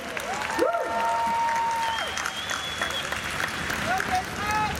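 audience applause

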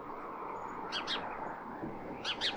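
sparrows chirping

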